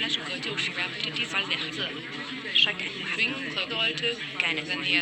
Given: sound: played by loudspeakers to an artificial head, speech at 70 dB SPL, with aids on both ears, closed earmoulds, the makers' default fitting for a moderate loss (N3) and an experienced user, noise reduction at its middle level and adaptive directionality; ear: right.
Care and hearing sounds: speech test signal (ISTS) in cocktail-party noise; -6 dB; in front (0 degrees)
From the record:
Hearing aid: class 1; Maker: C

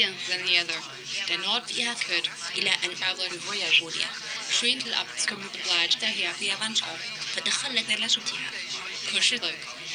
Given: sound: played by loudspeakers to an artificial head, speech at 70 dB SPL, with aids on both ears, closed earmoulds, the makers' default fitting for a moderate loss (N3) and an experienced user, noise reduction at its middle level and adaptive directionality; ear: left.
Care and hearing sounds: speech test signal (ISTS) in cocktail-party noise; +3 dB; in front (0 degrees)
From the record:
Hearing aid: class 2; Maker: A

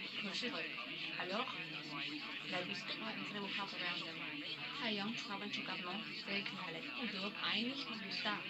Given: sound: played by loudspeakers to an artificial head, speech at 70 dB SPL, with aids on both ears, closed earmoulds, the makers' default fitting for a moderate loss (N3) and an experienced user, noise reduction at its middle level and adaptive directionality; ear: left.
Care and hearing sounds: speech test signal (ISTS) in cocktail-party noise; +3 dB; on the right (90 degrees)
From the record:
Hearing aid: class 1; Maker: D

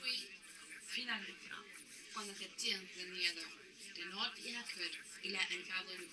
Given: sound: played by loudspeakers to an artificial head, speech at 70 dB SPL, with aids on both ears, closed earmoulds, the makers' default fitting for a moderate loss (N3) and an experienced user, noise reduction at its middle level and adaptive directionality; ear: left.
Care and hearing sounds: speech test signal (ISTS) in cocktail-party noise; +6 dB; on the right (90 degrees)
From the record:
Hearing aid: class 2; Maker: J

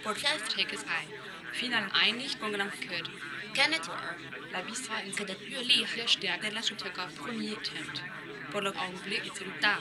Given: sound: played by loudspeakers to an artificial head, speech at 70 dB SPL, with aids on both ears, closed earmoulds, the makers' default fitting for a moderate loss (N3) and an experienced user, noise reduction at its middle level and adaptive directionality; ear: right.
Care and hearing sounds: speech test signal (ISTS) in cocktail-party noise; 0 dB; on the right (90 degrees)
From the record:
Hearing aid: class 1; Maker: E

